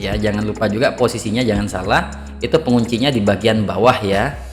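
A 4-pin CPU power plug from the power supply is handled at the motherboard header with its latch facing down, but nothing has seated or clicked yet. Someone talks throughout over background music.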